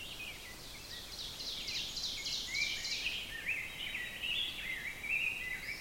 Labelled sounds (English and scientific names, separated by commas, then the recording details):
Ovenbird (Seiurus aurocapilla) song
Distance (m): 70 m
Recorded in boreal forest in Alberta, Canada, on 5 June 2016 at 05:03
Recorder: SongMeter 3, array SBT-3-51
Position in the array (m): 266 m, 100 m
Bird 28